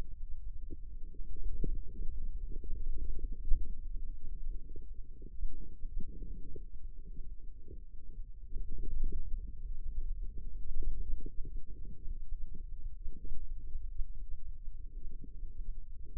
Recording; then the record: forearm muscle sounds (acoustic myography)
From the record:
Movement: ulnar deviation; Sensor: system 2, bracelet of six BSWA MPA416 microphones around the upper forearm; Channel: 6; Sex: male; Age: 22 years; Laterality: right